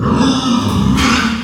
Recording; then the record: squeal of a Yucatan mini pig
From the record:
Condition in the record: after surgery on the right vocal fold (resection and tissue-engineered implant); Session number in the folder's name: 14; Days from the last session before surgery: 133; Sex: female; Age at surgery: 19 weeks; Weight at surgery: 25 kg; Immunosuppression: prednisolone